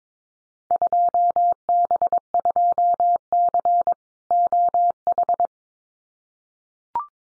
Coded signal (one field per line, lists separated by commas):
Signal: Morse code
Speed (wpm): 22 wpm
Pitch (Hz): 700 Hz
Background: none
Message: 2B2C OH